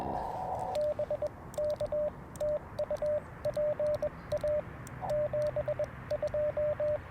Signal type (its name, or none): Morse code